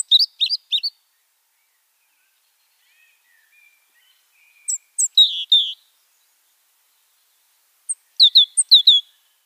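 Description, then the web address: Tenerife robin singing a few brief high twittering phrases of sharp thin notes, with a soft lower warble between them. Subspecies superbus, song recorded on Tenerife. "Schulze Peter Tenerife Robin superbus song"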